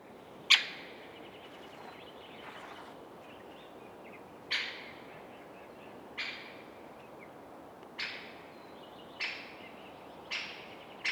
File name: Didysis Margasis Genys Great Spotted Woodpecker - Dendrocopos major